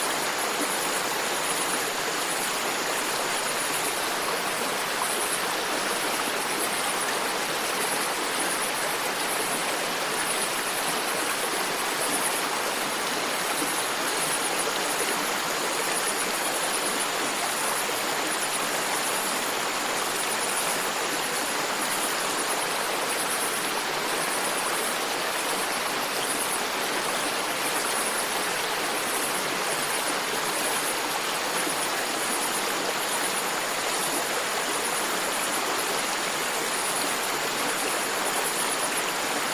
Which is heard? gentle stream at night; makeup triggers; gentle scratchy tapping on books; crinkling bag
gentle stream at night